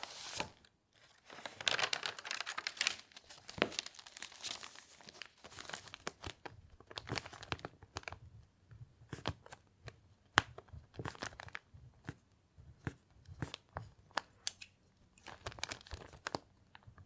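Dry paper sounds: crinkling and rustling with quick pen-like scratches and sharp taps scattered irregularly throughout.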